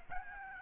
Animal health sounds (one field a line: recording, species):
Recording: mosquito wingbeat signal from an infrared sensor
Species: Aedes albopictus